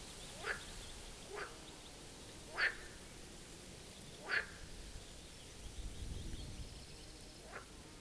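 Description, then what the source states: Marsh frog croaks, brief rattling calls spaced irregularly over a steady background hiss. Chorus at the Birkensee, Schönbuch, Germany, on one of the first proper hot summer days of 2023.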